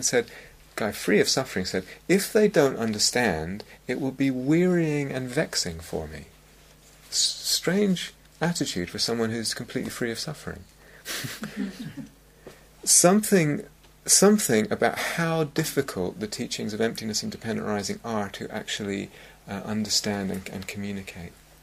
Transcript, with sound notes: Then said -- a guy free of suffering said, "If they don't understand, it will be wearying and vexing for me." Strange attitude for someone who's completely free of suffering! [laughter] Something about how difficult the teachings of emptiness and dependent arising are to actually understand and communicate.